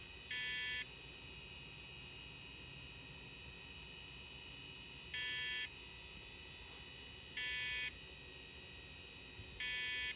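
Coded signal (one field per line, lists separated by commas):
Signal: beep code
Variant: 486 PC BIOS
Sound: four long buzzy beeps, repeating at irregular intervals, the last cut off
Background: computer fan hum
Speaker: yeah you have no ram it's okay i know i did this to you on purpose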